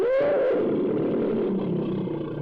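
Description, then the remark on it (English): A lion roars in one long, loud, rumbling growl that starts strong and slowly sinks in pitch, rough and throaty throughout, with no voices alongside. “A four-footed lion's not much of a beast.”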